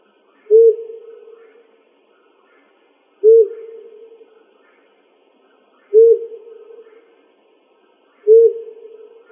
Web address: Sound Library Owls AZFO FLOW deviche 050606